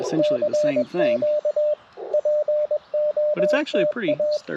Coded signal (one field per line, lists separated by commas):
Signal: Morse code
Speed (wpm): 21 wpm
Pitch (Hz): 600 Hz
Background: speech, radio noise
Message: CQ POTA